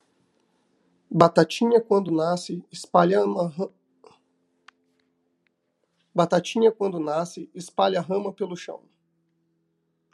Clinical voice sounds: short text; Brazilian Portuguese; male; 30 to 39 years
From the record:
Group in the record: control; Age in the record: 33 years

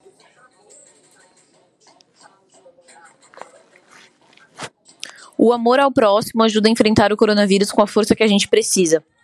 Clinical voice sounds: spoken sentence; Brazilian Portuguese; female; 30 to 39 years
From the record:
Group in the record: control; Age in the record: 30 years

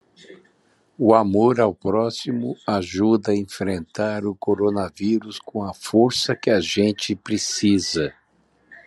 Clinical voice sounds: spoken sentence; Brazilian Portuguese; male; 60 to 69 years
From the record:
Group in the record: control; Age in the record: 65 years

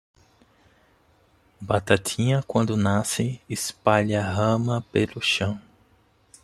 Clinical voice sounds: short text; Brazilian Portuguese; male; 30 to 39 years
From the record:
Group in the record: control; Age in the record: 36 years

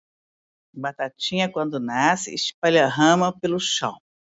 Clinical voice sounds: short text; Brazilian Portuguese; female; 50 to 59 years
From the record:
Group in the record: control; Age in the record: 59 years

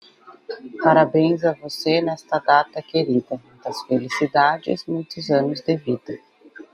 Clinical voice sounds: short text; Brazilian Portuguese; female; 30 to 39 years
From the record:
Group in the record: control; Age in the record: 35 years

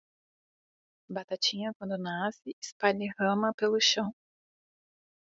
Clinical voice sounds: short text; Brazilian Portuguese; female; 30 to 39 years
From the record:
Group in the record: control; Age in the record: 35 years

